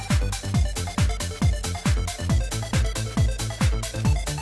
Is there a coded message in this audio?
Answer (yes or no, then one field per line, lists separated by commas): no